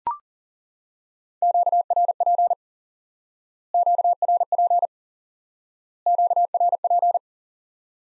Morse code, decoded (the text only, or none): QRP QRP QRP